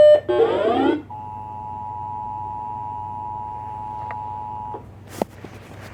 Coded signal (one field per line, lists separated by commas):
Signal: Emergency Alert System (SAME) tones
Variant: 853 and 960 Hz attention tone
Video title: SVR #9 on 10 stations (7/28/23) EAS 1938-1948